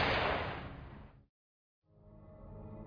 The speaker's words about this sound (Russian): У самого уха просвистела пуля, и тут же донесся гром выстрела.